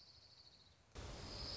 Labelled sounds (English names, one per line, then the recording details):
Orange-crowned Warbler
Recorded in Sonoma County, California